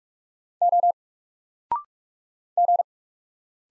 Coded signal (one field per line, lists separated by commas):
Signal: Morse code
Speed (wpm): 46 wpm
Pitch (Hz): 700 Hz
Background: none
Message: O G